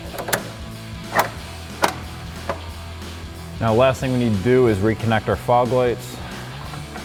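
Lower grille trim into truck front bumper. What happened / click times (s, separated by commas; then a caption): The trim panel clips snap in / 0.3 s, 1.8 s, 2.5 s. The lower grille, a plastic trim panel, has its clips lined up and is pushed by hand into the front bumper of a 2015–2025 EcoBoost F-150 truck during a CVF Titan v2 intercooler install. Three sharp snaps ring out at 0.3, 1.8 and 2.5 s as the clips engage and the grille seats, over a steady low hum. Someone then talks from about 3.6 s.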